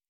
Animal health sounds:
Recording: hydrophone in a shrimp aquaculture tank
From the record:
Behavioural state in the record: normal

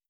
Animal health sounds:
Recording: hydrophone in a shrimp aquaculture tank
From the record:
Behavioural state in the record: starved

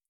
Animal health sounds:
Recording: hydrophone in a shrimp aquaculture tank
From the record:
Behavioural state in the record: feeding

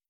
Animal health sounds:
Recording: hydrophone in a shrimp aquaculture tank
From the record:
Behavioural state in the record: starved

